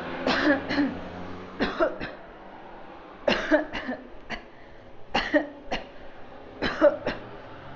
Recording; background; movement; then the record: voluntary coughing; traffic; walking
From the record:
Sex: female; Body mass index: 22.6 kg/m2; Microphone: on the chest, facing outward